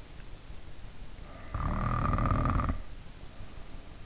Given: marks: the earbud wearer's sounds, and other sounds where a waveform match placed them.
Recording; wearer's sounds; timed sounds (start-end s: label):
sounds in sleep by an in-ear microphone; snoring breath
1.13-3.99 s: snoring breath